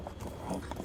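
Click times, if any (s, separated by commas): none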